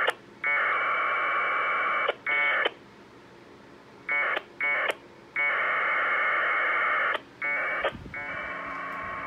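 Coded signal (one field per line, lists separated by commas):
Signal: packet radio (AX.25, as in APRS)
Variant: 1200 baud Bell 202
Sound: raspy two-tone data bursts, some long, some short, with brief clicks between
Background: radio static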